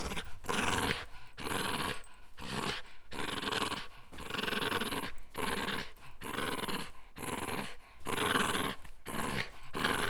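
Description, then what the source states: Shiba Inu giving rhythmic, raspy play growls in repeated bursts, with short gaps of quiet between. Shiba Inu playing with a string.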